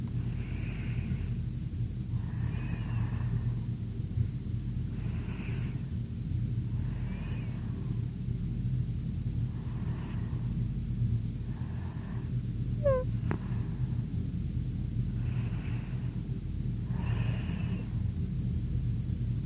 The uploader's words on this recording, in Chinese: 女孩子睡着的呼吸声加长版。